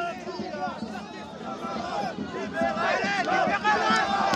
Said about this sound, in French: Là, ces manifestants qui se contentent de crier ont droit à des coups de bouclier et des projections de poivre liquide.